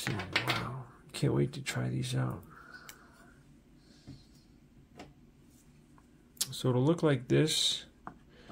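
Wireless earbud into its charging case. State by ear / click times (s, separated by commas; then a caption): not seated / none. A Soundpeats GoFree2 open-ear wireless earbud is handled near its plastic charging case, where it seats magnetically, while someone talks, with a few faint handling taps between the bursts of speech. The clip ends before the earbud goes into its slot, so nothing has seated or clicked yet.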